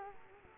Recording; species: mosquito wingbeat signal from an infrared sensor; Culex quinquefasciatus